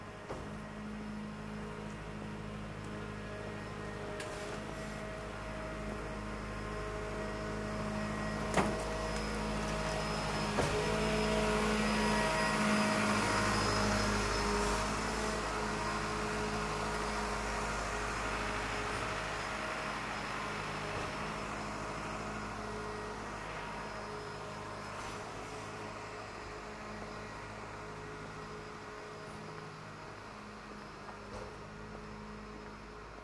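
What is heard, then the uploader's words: Steady traffic noise hums through a Saturday morning in Shinjuku, swelling as a vehicle passes around the middle, with faint clicks and low engine drone. Shinjuku,Saturday morning. Morning in bustling Shinjuku is different from night. Kabukicho～Hotel street～ Kabukicho,Sakura street～Kabukicho,Ichiban-gai～Omoide Yokocho～Shinjuku East exit.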